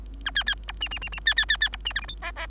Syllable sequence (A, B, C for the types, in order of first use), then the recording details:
A B B C D D D D B B B B C D E F G H H. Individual Bird3